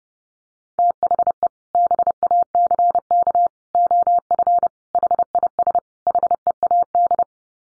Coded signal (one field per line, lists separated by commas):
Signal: Morse code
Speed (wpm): 30 wpm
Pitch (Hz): 700 Hz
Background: none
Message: THE BACK OF HIS HEAD